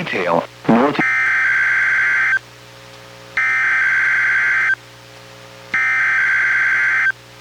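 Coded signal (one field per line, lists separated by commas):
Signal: Emergency Alert System (SAME) tones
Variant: header bursts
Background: speech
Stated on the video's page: NOAA Weather Radio required weekly test, recorded from a Reecom R-1630 weather radio onto a Zoom H1 recorder.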